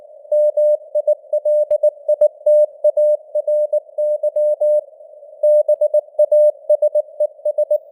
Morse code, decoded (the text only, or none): MILITARY BASES